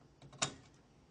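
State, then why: Seated. Two plastic push-pin fasteners at opposite corners of a CPU cooler are pressed down into the motherboard mounting holes. Two faint ticks at about 0.2 s and 0.3 s lead into a sharp snap at 0.4 s. The fasteners seat with that snap.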